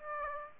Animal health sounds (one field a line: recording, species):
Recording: mosquito wingbeat signal from an infrared sensor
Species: Aedes aegypti